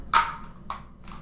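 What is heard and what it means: Two plastic hockey training cones are pushed together, one nesting into the other, giving a sharp, bright plastic snap at 0.7 s, between a louder knock near 0.1 s and a fainter one near 1.0 s. The cones snap in and stay together, stacked.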